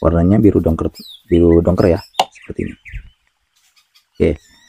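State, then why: Not seated. A plastic Technic pin (dot 3) is handled over the centre beam holes of a Lego Alien brick model while someone talks, with a few faint soft taps. Nothing has seated or clicked yet.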